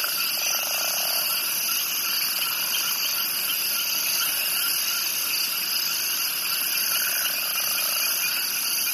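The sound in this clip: Crickets keep up a constant high-pitched trilling chorus.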